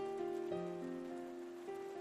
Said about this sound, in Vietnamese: Bên ngoài mưa lớn như trút nước.